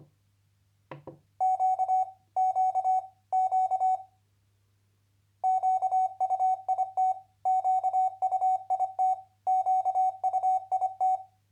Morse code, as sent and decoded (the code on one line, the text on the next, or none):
--.- / --.- / --.- / --.- ..- .. - / --.- ..- .. - / --.- ..- .. -
Q Q Q QUIT QUIT QUIT